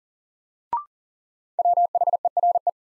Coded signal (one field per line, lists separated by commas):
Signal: Morse code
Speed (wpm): 40 wpm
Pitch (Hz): 700 Hz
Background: none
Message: WHERE